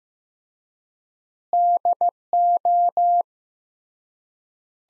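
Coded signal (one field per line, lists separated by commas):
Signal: Morse code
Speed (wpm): 15 wpm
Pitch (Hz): 700 Hz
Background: none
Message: DO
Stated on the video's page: Practice sentences built from the top 100 words, sent at 15 wpm with 3x standard word spacing, a word-level analogue of Farnsworth spacing.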